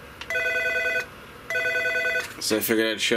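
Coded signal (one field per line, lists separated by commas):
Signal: none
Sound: telephone ringing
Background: speech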